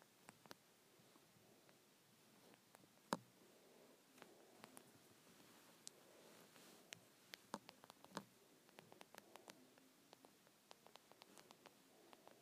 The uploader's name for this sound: Volume Buttons (on Ear Buds)